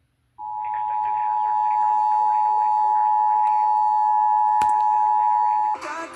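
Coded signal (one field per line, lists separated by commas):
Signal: Emergency Alert System (SAME) tones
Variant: 853 and 960 Hz attention tone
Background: speech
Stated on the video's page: Severe Thunderstorm Warnings and a Tornado Warning in Indianapolis received on FM radio.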